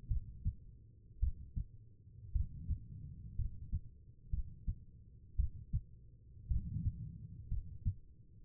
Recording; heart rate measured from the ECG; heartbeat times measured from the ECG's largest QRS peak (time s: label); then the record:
heart sounds by stethoscope; 57 bpm
0.08 s: heartbeat
1.20 s: heartbeat
2.32 s: heartbeat
3.36 s: heartbeat
4.30 s: heartbeat
5.36 s: heartbeat
6.48 s: heartbeat
7.49 s: heartbeat
8.44 s: heartbeat
From the record:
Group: healthy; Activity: rest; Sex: female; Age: 36 years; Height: 163 cm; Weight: 88 kg